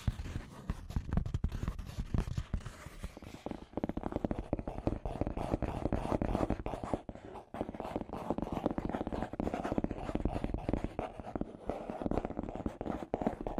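Scratchy tapping runs continuously for the whole fourteen seconds, a dense, uneven patter of quick crackly taps and scrapes with no steady rhythm. The sound is mostly low and mid-pitched with a rough, gritty edge, briefly thinning near the four and seven second marks.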